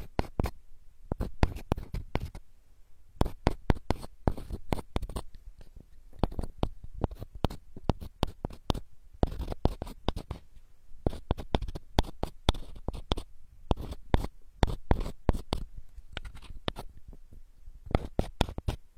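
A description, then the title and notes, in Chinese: Macadamia nuts click and knock together. Sharp, dry taps come thick and irregular for the whole stretch, several per second, with brief clustered bursts and short gaps, over a faint low rumble. 夏威夷坚果好听的声音。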